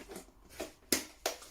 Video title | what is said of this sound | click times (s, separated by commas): SETUP GAMING #2021 | ce pour votre poignet donc qui se clipse si voilà | 0.9 s, 1.3 s